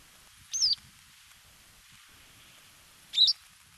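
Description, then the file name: Yellow wagtail calls: two thin, high, slurred notes a few seconds apart. "gelekwikstaart"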